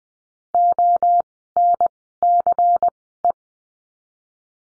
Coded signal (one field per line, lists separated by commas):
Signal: Morse code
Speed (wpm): 20 wpm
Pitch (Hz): 700 Hz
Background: none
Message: ONCE